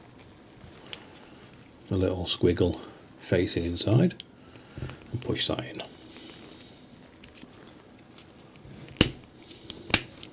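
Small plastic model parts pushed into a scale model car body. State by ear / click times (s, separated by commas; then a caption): seated / 9.0 s, 9.9 s. Someone talks while lining up small plastic parts for a 1:8 scale Lotus Esprit model car body, with the little trench and squiggle turned the right way, then pushes them into their mounts. Two sharp, loud clicks at 9.0 s and 9.9 s show the parts clicking into place.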